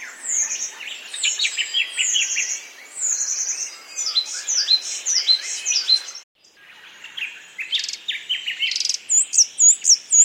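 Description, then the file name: Bird chirping in a busy high twitter, bright notes tumbling over each other, a brief hush past six seconds, then quicker repeated pips. "BIRD wbsw"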